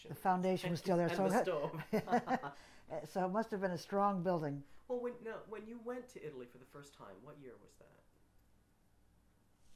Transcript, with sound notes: The foundation was still there.
And the stove. ( they laugh )
So it must have been a strong building.
Well, when you went to Italy for the first time, what year was that?